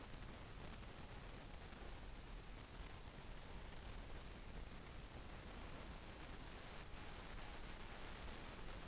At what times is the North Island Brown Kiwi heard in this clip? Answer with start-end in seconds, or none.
none